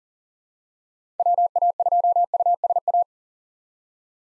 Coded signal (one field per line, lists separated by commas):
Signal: Morse code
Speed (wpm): 40 wpm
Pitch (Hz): 700 Hz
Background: none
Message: WA2USA